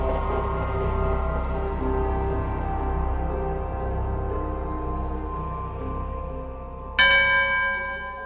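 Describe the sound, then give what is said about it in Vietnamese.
A pagoda bell rings, its deep, humming tones drifting through the willow trees along both sides of the pagoda gate, lingering and slowly fading before a second strike near the end adds a brighter, shimmering ring. No voices are heard. “Tiếng chuông ngân nga trầm bổng len lỏi qua từng tán cây liễu được trồng hai bên cổng chùa.”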